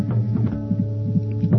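Rapid soft whooshing pulses under a steady musical drone: the heartbeat of a baby heard from inside the human body, in the womb.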